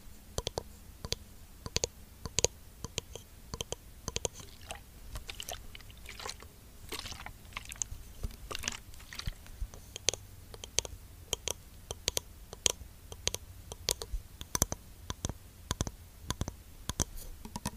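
Skincare product tapping: quick, uneven light taps and moist clicks, some in bursts, over a faint low hum lasting throughout.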